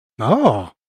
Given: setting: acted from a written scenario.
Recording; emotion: vocal sound without words; positive surprise